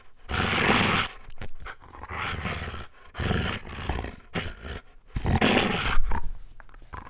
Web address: Khaganat-games khanat-sounds-sources stock sound library animals dogs lukofinc medium-dog-growl